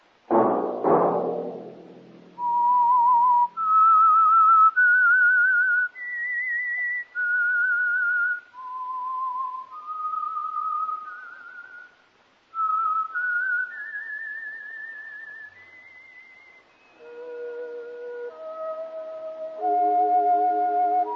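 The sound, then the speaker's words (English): A lone, clear whistled melody of slow, sustained notes that step up and down in a haunting tune, opening after a brief low burst and closing over soft sustained instrumental chords; the whistle is the theme signal of a weekly radio program. “That whistle be your signal for the Signal Oil program, The Whistler, each Wednesday night at this same time.”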